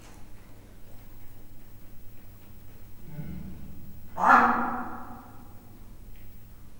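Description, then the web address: Leopard giving a low, short grunt followed by a single loud, harsh bark-like cough that fades quickly, over a steady low hum. Male and female leopards in a zoo in Miskolc, 2009; soft growl and short bark. "miskolcizoo 2009 standardt leopard"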